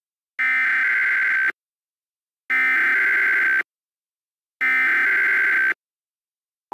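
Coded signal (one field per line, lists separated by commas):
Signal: Emergency Alert System (SAME) tones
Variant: header bursts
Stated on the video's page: Recreation of a nuclear power plant alert system test accompanying a siren test, with valid tones.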